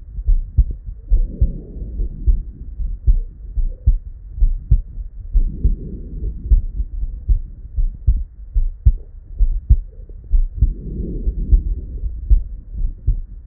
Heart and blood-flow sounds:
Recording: heart sounds by stethoscope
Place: Erb's point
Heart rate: 67 bpm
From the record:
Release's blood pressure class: normal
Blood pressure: 112/58 mmHg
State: at rest

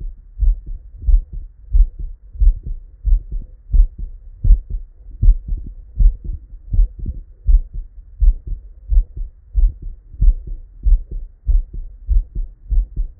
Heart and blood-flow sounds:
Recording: heart sounds by stethoscope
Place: Erb's point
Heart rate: 89 bpm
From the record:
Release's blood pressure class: normal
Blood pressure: 112/60 mmHg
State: at rest

